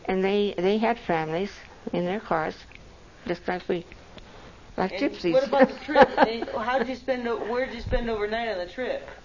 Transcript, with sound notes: And they - they had families in their cars just like we - like gypsies (laughs)
And what about the trip? Did - how did you spend the - where did you spend overnight on the trip?